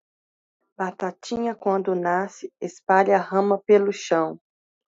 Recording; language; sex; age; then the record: short text; Brazilian Portuguese; female; 30 to 39 years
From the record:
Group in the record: control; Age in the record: 32 years